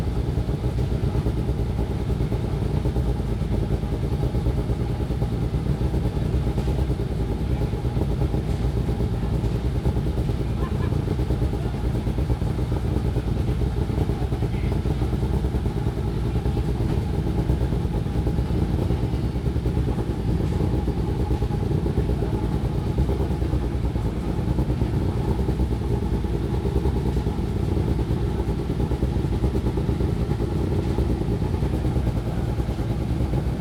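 Starting cars fill the recording with a steady, dense engine rumble that stays heavy in the low end from start to finish. A faint higher whine runs through it, and the level holds even throughout, with small clattering bits scattered across the 34 seconds.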